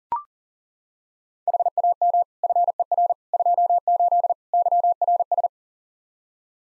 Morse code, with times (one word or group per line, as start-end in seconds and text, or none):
1.5-2.2 HAM
2.4-3.1 FER
3.3-4.3 28
4.5-5.5 YRS